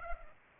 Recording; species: mosquito wingbeat signal from an infrared sensor; Culex pipiens